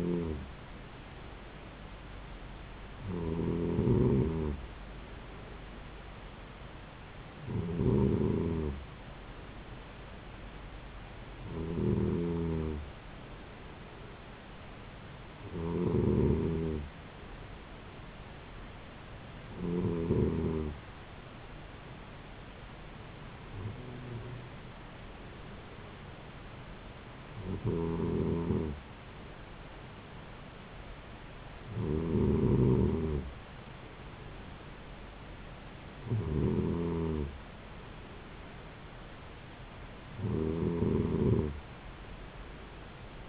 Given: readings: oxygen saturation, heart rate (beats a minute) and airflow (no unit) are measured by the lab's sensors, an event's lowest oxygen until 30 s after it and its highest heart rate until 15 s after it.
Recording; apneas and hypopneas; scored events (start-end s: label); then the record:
breathing in sleep by a voice recorder at the bedside; none
none scored
From the record:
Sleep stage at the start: N2 (light sleep); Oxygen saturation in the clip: 93 to 94%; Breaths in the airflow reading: 11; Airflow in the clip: -3.8 to 3.2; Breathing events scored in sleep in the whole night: 270 in 6.1 hours asleep